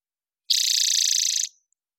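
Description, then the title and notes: Spotted towhee, a single dry, fast trill lasting roughly one second, evenly pulsed and steady throughout, in otherwise silent surroundings. Recorded in the Pacific Northwest, Washington, United States, with a parabolic microphone; clean-processed for clarity with natural pace and rhythm kept. "BIRDSong New World Sparrows - Spotted Towhee Song. Spotted Towhee, Pipilo maculatus, parabolic recording. Recorded in the beautiful Pacific Northwest, Washington, United States"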